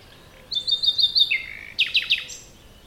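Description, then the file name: Common nightingale song phrase: a run of five quick high whistled notes, a short downward slur, then three loud sharp descending notes after a brief pause. "Luscinia megarhynchos"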